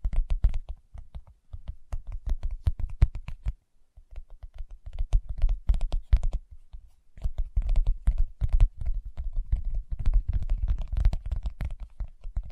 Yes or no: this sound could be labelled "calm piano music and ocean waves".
no